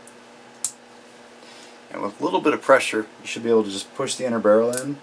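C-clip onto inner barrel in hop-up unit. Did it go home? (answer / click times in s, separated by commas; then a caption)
yes / 0.1 s, 0.6 s. A metal C-clip is pressed onto the inner barrel of an airsoft hop-up unit on a Valken V12, locking the barrel in place. Two clicks are heard at 0.1 s and 0.6 s, the second much sharper and louder. After that, someone talks, and the clip is seated, securing the inner barrel.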